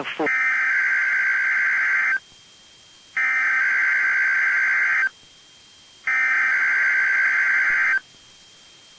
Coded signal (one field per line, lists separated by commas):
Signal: Emergency Alert System (SAME) tones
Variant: header bursts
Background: speech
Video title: EAS: Required Weekly Test